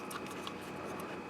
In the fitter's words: and you want to listen for it to snap in place because uh